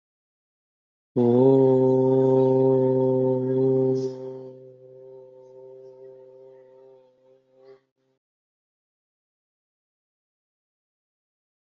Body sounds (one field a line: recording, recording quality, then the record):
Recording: sustained vowel as in boot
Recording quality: excellent, no background noise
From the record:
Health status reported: healthy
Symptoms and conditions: none ticked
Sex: male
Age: 38 years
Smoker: not ticked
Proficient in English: yes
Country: India